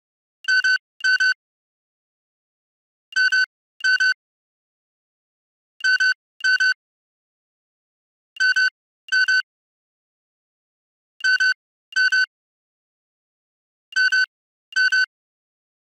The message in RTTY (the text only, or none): none